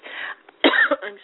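After a soft breathy sound, an adult woman with a bit of a cough gives one sharp, loud cough burst with a brief trailing rasp.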